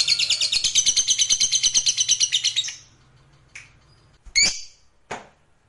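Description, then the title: Lovebird fast scratchy trill lasting about three seconds, followed by quiet with scattered sharp knocks and one brief squeak. Fighter-type lovebird performing ngekek panjang, a long drawn-out trill. "Begitu Dengar Suara Lovebird FIGHTER NGEKEK PANJANG"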